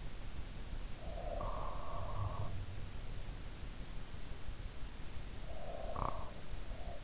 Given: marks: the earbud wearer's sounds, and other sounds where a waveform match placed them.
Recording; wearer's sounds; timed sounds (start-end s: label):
sounds in sleep by an in-ear microphone; breath, snoring breath
1.07-2.62 s: breath
5.30-7.04 s: snoring breath